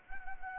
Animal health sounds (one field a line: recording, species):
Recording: mosquito wingbeat signal from an infrared sensor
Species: Anopheles gambiae